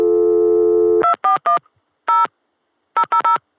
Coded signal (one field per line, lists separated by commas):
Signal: DTMF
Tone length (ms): 120 ms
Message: 241 0 000